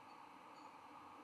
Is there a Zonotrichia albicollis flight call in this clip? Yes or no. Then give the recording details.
no. No flight call is heard. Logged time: 00:01 on 17 November 2014